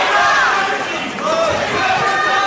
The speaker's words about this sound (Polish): Pod prokuraturą zebrał się spory tłum.